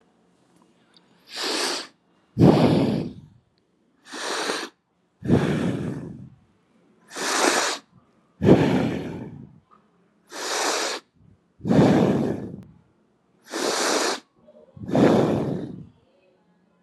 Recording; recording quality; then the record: deep breathing; excellent, no background noise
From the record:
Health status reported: healthy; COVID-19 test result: not tested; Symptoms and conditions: none ticked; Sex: male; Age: 38 years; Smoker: not ticked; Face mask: not worn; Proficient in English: yes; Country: India